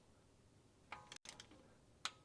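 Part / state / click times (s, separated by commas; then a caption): torque wrench on transmission pan bolt / torque reached / 2.0 s. A torque wrench tightens the next transmission pan bolt on a 1959 Ford F100 during a pan gasket replacement. Faint ratcheting ticks come first, then a sharp click at 2.1 s as the wrench reaches its setting. The bolt is confirmed torqued.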